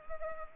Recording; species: mosquito wingbeat signal from an infrared sensor; Culex pipiens